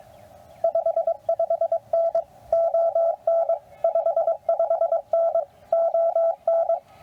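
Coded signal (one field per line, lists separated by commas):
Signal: Morse code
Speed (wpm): 21 wpm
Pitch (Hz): 690 Hz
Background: none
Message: 55N ON 55N ON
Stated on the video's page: QRP CW Parks on the Air activation with a QMX radio running under 5 watts, working DX.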